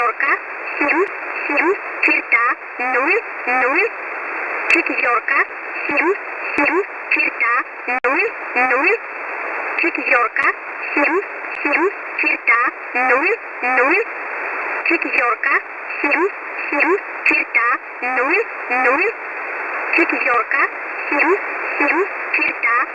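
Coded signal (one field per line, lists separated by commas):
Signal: numbers station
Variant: S11a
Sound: short evenly spaced spoken words over steady shortwave hiss, like read-out numbers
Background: radio static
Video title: S11a number station - 07:00 UTC - 9339khz USB - 20/08/2026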